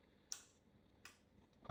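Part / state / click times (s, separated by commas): click-type torque wrench on a flywheel or clutch bolt / torque reached / 0.3 s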